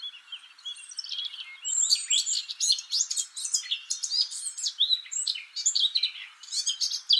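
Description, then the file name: Eurasian blackcap giving a busy, twittering warble, starting soft and thin, then becoming louder and packed with sharp, scratchy notes and brief whistles. "Sylvia atricapilla"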